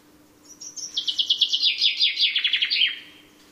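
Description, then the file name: Common chaffinch song: a rapid run of bright notes descending in steps from high to middle pitch, ending in a short downward flourish, over a faint steady low hum. "Fringilla coelebs"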